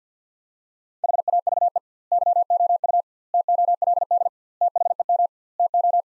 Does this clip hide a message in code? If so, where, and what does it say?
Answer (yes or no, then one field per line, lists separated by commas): yes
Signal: Morse code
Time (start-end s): 1.0-6.0 s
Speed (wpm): 50 wpm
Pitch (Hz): 700 Hz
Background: none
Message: HAVE YOU TOLD THEM TO